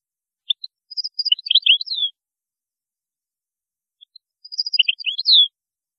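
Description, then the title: European goldfinch song given as two twittering phrases of thin tinkling notes ending in a downslurred note, with a quiet gap between. "Chant Chardonneret"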